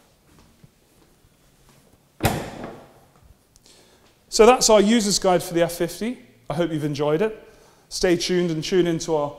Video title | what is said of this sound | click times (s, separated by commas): Ferrari F50 User's Guide | push down on one side at a time until they click | 2.2 s